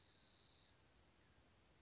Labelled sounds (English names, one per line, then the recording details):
Spotted Towhee
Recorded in Sonoma County, California